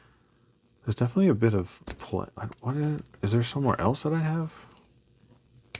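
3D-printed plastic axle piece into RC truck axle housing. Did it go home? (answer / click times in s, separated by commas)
yes / 5.8 s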